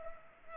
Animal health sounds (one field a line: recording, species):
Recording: mosquito wingbeat signal from an infrared sensor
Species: Culex pipiens